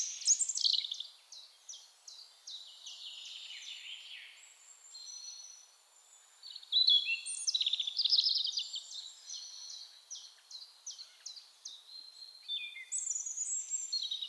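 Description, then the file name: European robin singing a long stream of rapid, stuttering high notes, with louder tumbling bursts at the start, around the middle and near the end. "Erithacus rubecula"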